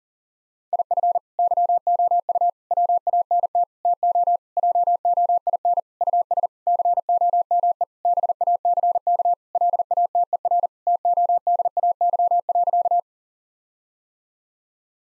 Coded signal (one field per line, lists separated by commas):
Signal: Morse code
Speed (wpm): 37 wpm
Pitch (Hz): 700 Hz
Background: none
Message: IF YOU WANT TO JOIN US COME BACK LATER TODAY.